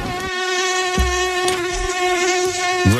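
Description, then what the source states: Mosquito wing buzz, a steady high whine held throughout, rich in overtones. Buzz made by the female, which vibrates mostly to attract the male for mating; the male is quieter.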